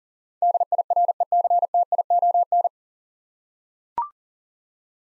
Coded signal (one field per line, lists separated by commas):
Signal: Morse code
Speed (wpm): 40 wpm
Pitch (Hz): 700 Hz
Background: none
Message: DIRECTION